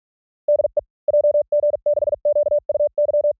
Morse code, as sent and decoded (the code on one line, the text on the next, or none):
-.. . / .--- --. -.... --.- ..- -.--
DE JG6QUY